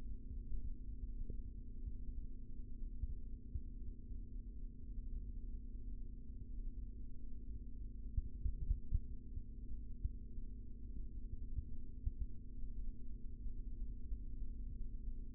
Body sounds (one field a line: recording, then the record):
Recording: forearm muscle sounds (acoustic myography)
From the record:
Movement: rest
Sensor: system 3, bracelet of six PUI Audio POM-2738L microphones around the upper forearm, with dedicated amplification and filtering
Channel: 4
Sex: male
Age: 25 years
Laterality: right